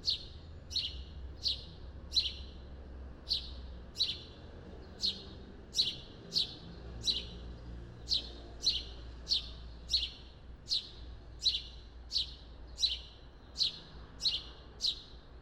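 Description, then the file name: Repeated House sparrow chirps, clipped and slightly falling, delivered in a quick, somewhat uneven string against a low rumbling background. "Passer domesticus"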